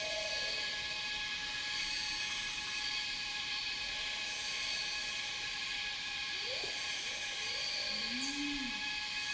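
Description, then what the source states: Cicadas in a continuous high-pitched buzzing chorus; several low whistled bird notes, including a clear arched hoot near the end. Cicadas in a rainforest, recorded together with birds.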